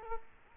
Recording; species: mosquito wingbeat signal from an infrared sensor; Culex quinquefasciatus